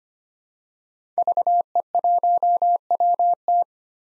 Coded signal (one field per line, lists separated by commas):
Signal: Morse code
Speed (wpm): 25 wpm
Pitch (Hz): 700 Hz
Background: none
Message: VE1WT